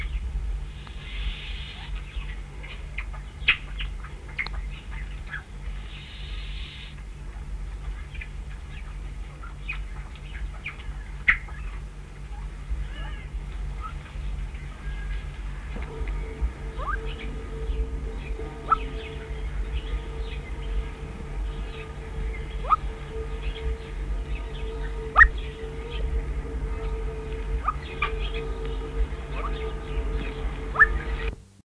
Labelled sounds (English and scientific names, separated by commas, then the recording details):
Golden Pheasant (Chrysolophus pictus) call
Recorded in captivity
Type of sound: call
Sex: diverse
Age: adult
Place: Tierpark Bochum, Nordrhein-Westfalen, DE
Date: 1962-02-18
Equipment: Halbspur, 9,5 cm/s
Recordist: Lütgens, Hans
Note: 1 Männchen und 3 Weibchen